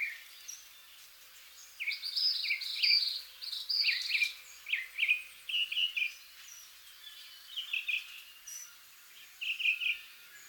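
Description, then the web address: Northern mockingbird song of varied high phrases and short trilled bursts, several motifs repeated, with gaps between. "Northern mockingbird. صدای-پرنده-مرغ-تقلیدگر-شمالی"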